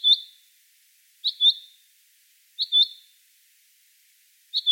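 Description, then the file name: Common chaffinch calling with short, sharp, doubled high notes, each ending in a brief trailing tail, repeated about every one and a quarter to two seconds in quiet surroundings. "Fringilla coelebs"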